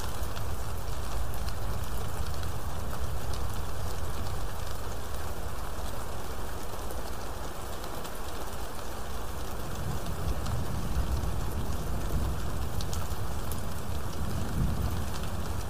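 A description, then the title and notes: Steady, dense rain hisses without a break across the whole clip, with a low rumbling roar underneath that swells slightly around the middle and near the end. Scattered sharper drops tick through the brighter part of the sound, and the level stays even throughout. Storm Sounds For Sleeping Rain And Thunder.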